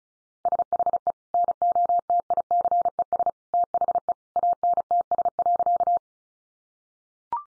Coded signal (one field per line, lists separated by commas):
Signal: Morse code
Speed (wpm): 34 wpm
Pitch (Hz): 700 Hz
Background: none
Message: SHE NOTICES THE ANTS.